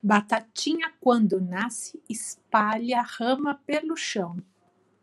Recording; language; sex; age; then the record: short text; Brazilian Portuguese; female; 40 to 49 years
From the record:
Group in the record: control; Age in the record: 48 years